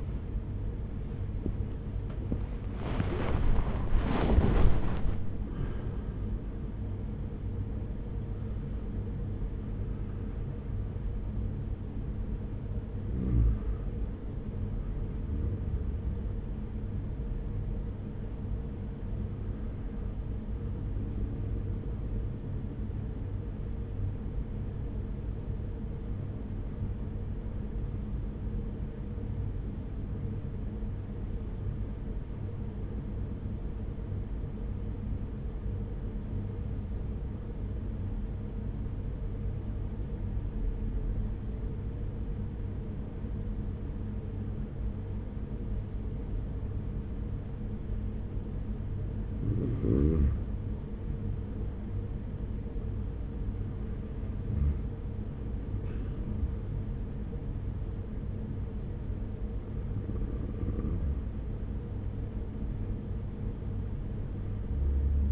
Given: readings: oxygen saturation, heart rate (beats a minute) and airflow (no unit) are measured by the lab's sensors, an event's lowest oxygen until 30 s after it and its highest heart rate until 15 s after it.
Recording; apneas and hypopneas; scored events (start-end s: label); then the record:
breathing in sleep by a smartphone at the bedside; 1
0.00-16.00 s: awake
13.00-43.00 s: new sleep stage, N1 (lightest sleep)
24.00-50.50 s: hypopnea (N1, oxygen 97% highest, then 93% lowest, heart rate 44 at the start, 46 highest)
43.00-65.32 s: new sleep stage, N2 (light sleep)
From the record:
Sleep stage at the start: awake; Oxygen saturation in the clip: 92 to 97%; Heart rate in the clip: 41 to 79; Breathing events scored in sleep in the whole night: 210 in 6.9 hours asleep